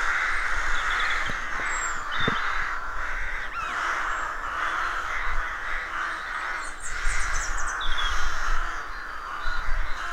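A rook colony keeps up a dense, unbroken cacophony of harsh caws and croaks, many birds calling over one another at once. The clamour swells and eases slightly throughout, with higher squeaky calls near seven seconds and a low rumble underneath.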